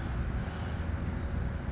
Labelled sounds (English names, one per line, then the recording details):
California Towhee
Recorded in Sonoma County, California